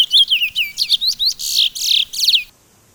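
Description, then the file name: Sunda laughingthrush song: rapid high downslurred notes giving way to a few louder, harsher, broader notes before stopping abruptly. "suara burung towa towa. omkicau"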